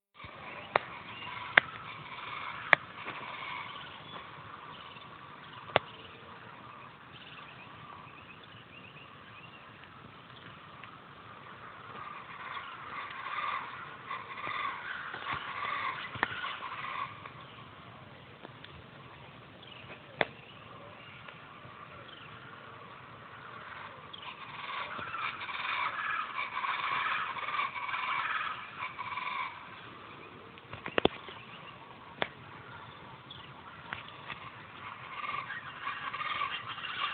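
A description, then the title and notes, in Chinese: Jungle insects and birds form a dense, steady chorus in the upper middle range, swelling louder around the middle and again near the end. Sharp isolated clicks or snaps stand out near the start and at about 20 and 31 seconds. 丛林的鸟叫和蝉鸣_来自尼加拉瓜_佩尼亚斯_布兰卡斯森林公园。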